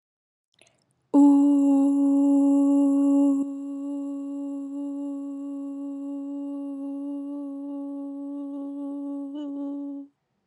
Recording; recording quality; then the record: sustained vowel as in boot; excellent, no background noise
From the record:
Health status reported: COVID-19 positive, mild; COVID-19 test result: positive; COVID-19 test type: RT-PCR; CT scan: not taken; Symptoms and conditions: cough, cold, fever, muscle pain, diarrhoea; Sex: female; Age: 28 years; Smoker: no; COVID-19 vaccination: both doses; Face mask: not worn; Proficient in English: yes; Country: India